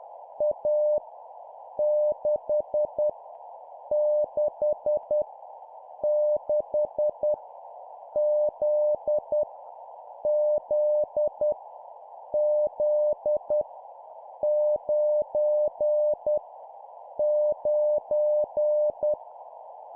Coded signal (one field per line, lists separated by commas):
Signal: Morse code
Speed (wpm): 10 wpm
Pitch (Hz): 600 Hz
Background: none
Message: A 6 6 6 Z Z Z 9 9